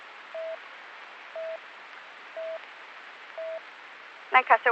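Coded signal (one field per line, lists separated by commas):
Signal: none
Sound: radio channel alert beeps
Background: speech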